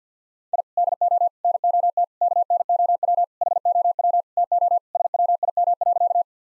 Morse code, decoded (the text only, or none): I DO NOT KNOW HOW TO SWIM.